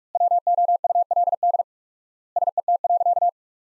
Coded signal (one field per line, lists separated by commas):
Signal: Morse code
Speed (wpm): 47 wpm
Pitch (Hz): 700 Hz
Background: none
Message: WOULD SET.